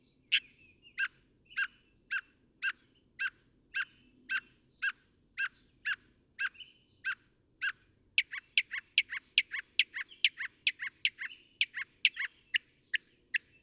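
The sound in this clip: Northern mockingbird song: a sharp, clipped note repeated steadily about twice a second, then switching to a faster, denser series of similar notes.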